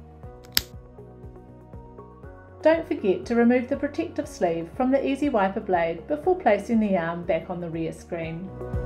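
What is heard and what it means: A new rear Ezywiper wiper blade is pushed firmly onto a push-button rear wiper arm until it locks in place, with a sharp, loud click at 0.6 s. Someone then talks over background music.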